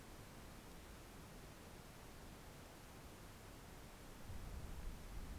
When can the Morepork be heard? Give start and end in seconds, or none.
none